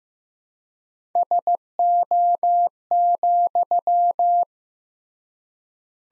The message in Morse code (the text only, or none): SO,